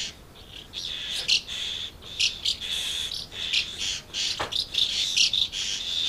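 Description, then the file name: Swallows twittering in a continuous high, buzzy chatter, with louder chirps breaking through and one sharp click midway. Several swallows recorded at Amblagnieu on 2 July 2017 with an MZ-N 710 device. "MZ-N 710 Hirondelles Amblagnieu 2 07 17"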